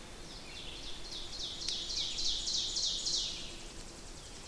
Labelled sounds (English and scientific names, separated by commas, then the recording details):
Ovenbird (Seiurus aurocapilla) song
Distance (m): 45 m
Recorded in boreal forest in Alberta, Canada, on 6 June 2016 at 07:56
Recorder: SongMeter 3, array SBT-3-51
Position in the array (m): 228 m, 155 m
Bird 28